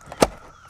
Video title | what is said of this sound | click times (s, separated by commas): How To Replace A Piece Of Vinyl Siding Mid-Wall (Without A Siding Removal Tool!) | just go ahead and line it up with the interlocking lip and push it up on it so you'll hear it snap into place | 0.2 s